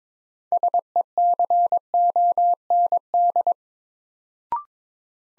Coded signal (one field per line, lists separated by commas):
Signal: Morse code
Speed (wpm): 22 wpm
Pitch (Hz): 700 Hz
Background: none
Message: SECOND